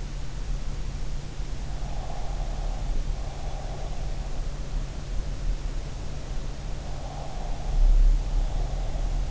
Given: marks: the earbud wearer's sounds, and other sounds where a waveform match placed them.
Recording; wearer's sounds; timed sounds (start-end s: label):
sounds in sleep by an in-ear microphone; breath
1.76-4.13 s: breath
7.01-9.31 s: breath